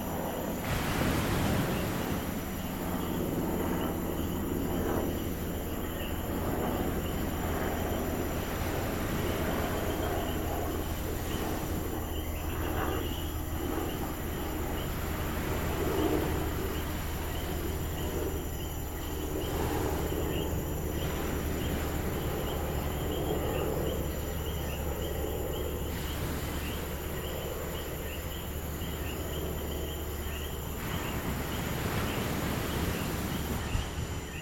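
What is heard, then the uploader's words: Ocean surf washes in a steady, dense roar with a low rumble underneath, while crickets hold a thin, constant high trill throughout. Night in Rincón, Puerto Rico.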